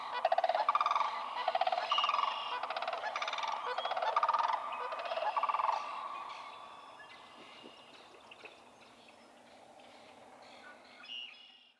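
Sandhill crane rattling calls for about six seconds, then fading to quiet background with faint notes.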